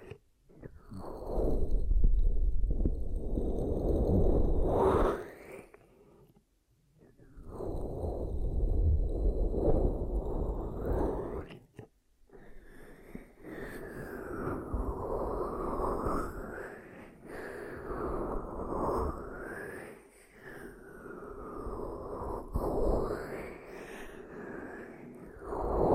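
Ear cupping sounds come in muffled, rumbling swells: a thick whooshing stretch from about 1 to 5 seconds and another from 7 to 11. After a brief gap, softer rubbing follows with a rising and falling whine that sweeps up and down repeatedly until the end.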